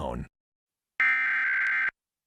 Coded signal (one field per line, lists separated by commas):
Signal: Emergency Alert System (SAME) tones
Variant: header bursts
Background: speech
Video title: CBS Pennsylvania Emergency Alert System *Reuploaded*